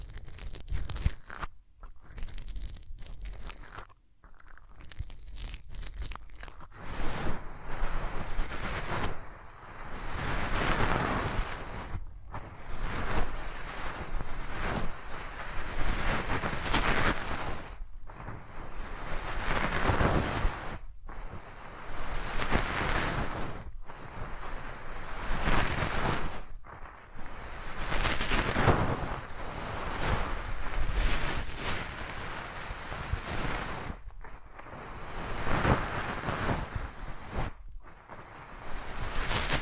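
Hands rub over the ears up close, making a thick, rushing whoosh much like wind or surf. The rubbing runs in long strokes that swell and fade, with brief silent breaks every few seconds. No voice is heard.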